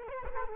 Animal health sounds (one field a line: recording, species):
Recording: mosquito wingbeat signal from an infrared sensor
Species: Culex quinquefasciatus